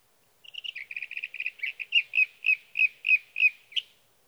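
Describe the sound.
Sage thrasher song: a quick run of short, bright chirps that slows into louder, evenly spaced slurred notes, about three per second, ending in one sharp note.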